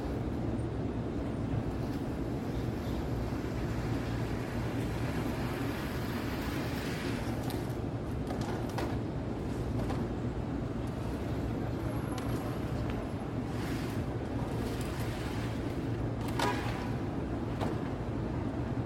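Midtown New York City at night: a dense, steady traffic roar dominated by low engine rumble with a constant hum underneath. Brief brighter hisses and clatters from passing vehicles break through now and then, notably around seven to nine seconds and again near sixteen.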